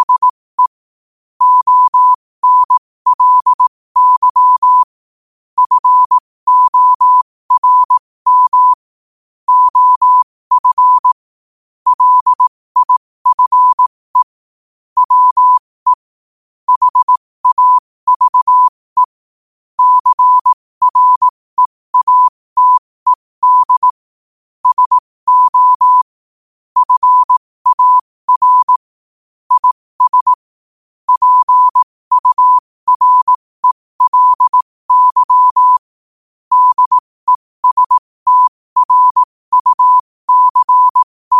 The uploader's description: Morse Code at 15 words per minute